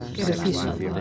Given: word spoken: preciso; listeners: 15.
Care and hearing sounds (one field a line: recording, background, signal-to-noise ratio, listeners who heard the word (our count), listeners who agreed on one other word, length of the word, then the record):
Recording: one Spanish word in noise, from a listening test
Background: eight-talker babble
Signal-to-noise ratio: 0.3 dB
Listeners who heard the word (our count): 0 of 15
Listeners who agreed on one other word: 7 of 15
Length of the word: 0.61 s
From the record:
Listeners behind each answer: 7, 4, 1, 1, 1, 1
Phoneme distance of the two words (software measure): 31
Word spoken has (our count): 3 syllables, 7 phonemes, stress on syllable 2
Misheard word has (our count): 2 syllables, 4 phonemes, stress on syllable 1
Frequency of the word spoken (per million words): 56.44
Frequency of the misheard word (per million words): 28.82